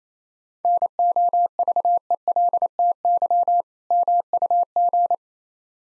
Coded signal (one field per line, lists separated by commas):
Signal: Morse code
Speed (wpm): 28 wpm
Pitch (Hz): 700 Hz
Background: none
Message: NOVELTY MUG